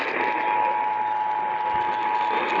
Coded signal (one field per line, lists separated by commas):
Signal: Emergency Alert System (SAME) tones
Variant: 853 and 960 Hz attention tone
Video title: *vine boom sound effect* | EAS #64-72 (EAS Tests from 2/6-9/2023)